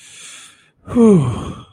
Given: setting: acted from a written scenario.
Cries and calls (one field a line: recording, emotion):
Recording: vocal sound without words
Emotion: relief